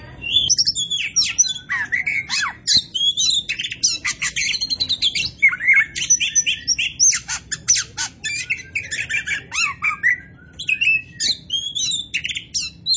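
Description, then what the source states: Oriental magpie-robin in continuous song, a dense stream of sharp chirps, whistles and quick downward sweeps, barely pausing over thirteen seconds. Indonesian local type called Kacer Poci; described as gacor, singing vigorously and continuously.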